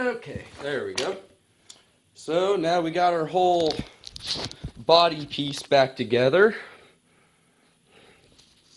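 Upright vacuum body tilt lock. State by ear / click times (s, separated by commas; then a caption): not seated / none. The reassembled upright body of a Bissell Powerforce vacuum, rebuilt with a bearing upgrade, is handled while someone talks. There are faint bumps and handling noises. The body has not yet tilted and locked into place, and nothing has seated or clicked yet.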